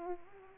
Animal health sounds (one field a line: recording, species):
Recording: mosquito wingbeat signal from an infrared sensor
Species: Culex pipiens